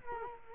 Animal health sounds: mosquito wingbeat signal from an infrared sensor; Culex quinquefasciatus

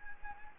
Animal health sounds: mosquito wingbeat signal from an infrared sensor; Anopheles gambiae

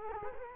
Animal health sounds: mosquito wingbeat signal from an infrared sensor; Culex quinquefasciatus

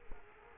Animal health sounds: mosquito wingbeat signal from an infrared sensor; Culex quinquefasciatus

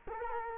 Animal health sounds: mosquito wingbeat signal from an infrared sensor; Culex quinquefasciatus

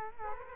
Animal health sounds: mosquito wingbeat signal from an infrared sensor; Culex quinquefasciatus

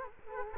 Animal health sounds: mosquito wingbeat signal from an infrared sensor; Culex quinquefasciatus

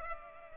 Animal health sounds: mosquito wingbeat signal from an infrared sensor; Culex pipiens

